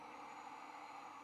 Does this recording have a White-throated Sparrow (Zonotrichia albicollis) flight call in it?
no